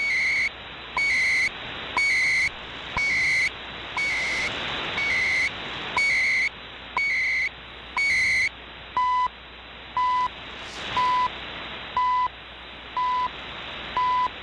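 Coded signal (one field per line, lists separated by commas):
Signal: radio time signal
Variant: CHU, 300-baud FSK timecode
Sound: nine warbling data chirps one per second, then short 1 kHz ticks each second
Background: radio static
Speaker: back to the Chinese MLA dirty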